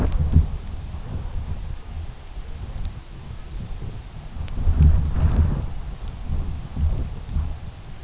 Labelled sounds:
Long-tailed Duck
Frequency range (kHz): Long-tailed Duck 1.1-1.9 kHz
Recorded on Arctic tundra, site UTQI-2, on 17 June 2019
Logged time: 08:00

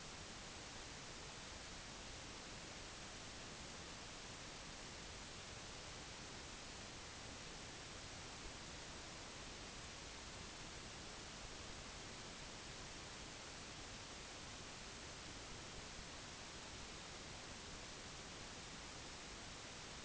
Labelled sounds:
none
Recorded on Arctic tundra, site NAIT-1, on 25 June 2019
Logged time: 10:00

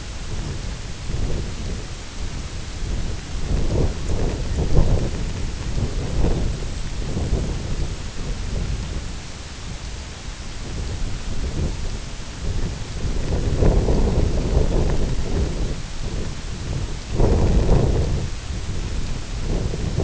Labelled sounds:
White-rumped Sandpiper
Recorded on Arctic tundra, site IGLO-F, on 24 June 2018
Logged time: 10:00

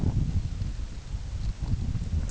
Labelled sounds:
none
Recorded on Arctic tundra, site UTQI-8, on 16 June 2019
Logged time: 20:00

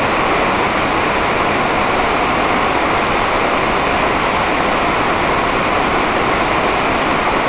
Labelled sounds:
none
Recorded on Arctic tundra, site NAIT-1, on 28 June 2018
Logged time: 07:00

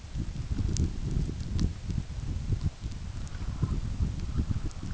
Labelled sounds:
none
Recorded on Arctic tundra, site UTQI-5, on 29 June 2018
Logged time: 16:00

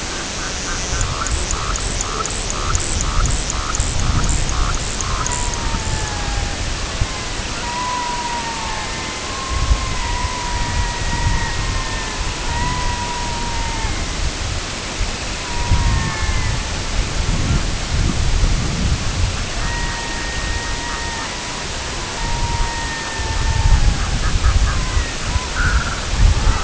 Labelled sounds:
Red-throated Loon
White-rumped Sandpiper
Semipalmated Sandpiper
Long-tailed Duck
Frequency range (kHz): Semipalmated Sandpiper 2.1-4.0 kHz
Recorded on Arctic tundra, site IGLO-A, on 22 June 2018
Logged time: 05:59

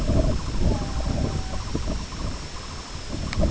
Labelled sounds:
Sanderling
Red-throated Loon
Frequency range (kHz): Red-throated Loon 0.6-2.0 kHz
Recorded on Arctic tundra, site IGLO-B, on 21 June 2018
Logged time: 09:59

